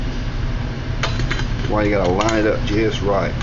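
The stainless steel lid latch of a Stansport Solo 1-liter stainless steel cook pot, which had been out of alignment, is handled and lined up to slide under the folding pot handle, with short metallic taps near 1.0 and 1.3 seconds. Someone talks throughout. Nothing has seated or clicked yet; the lid is not yet closed.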